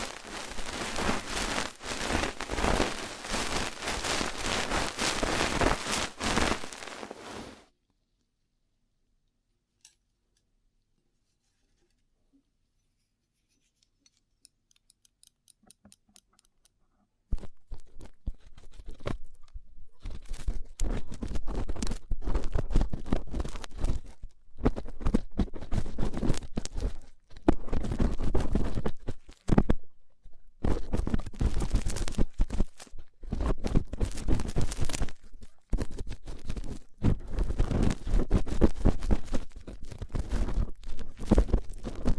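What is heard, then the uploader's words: Rough ear cleaning: dense scratchy rustling for eight seconds, near silence until seventeen seconds, then loud scraping bursts with brief breaks. ASMR Rough Ear Cleaning (No Talking).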